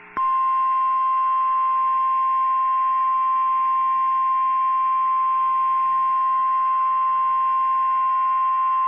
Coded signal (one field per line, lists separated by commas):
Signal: Emergency Alert System (SAME) tones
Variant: 1050 Hz attention tone